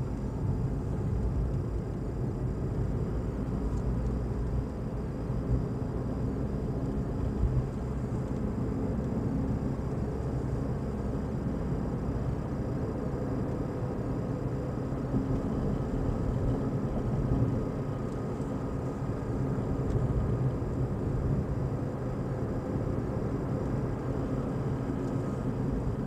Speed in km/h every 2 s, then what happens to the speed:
37, 44, 45, 47, 48, 52, 53, 54, 53, 53, 54, 56, 46.
0-13 speeds up to 54. 13-23 steady at about 54. 23-26 brakes to 46.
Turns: none.